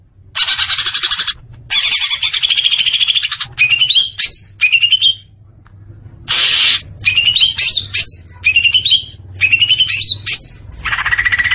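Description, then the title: Leafbird song: harsh rapid chatter bursts alternating with clear upslurred whistles and squeaky notes, varied and energetic. Singing actively (gacor). "Cucak Ijo Gacor"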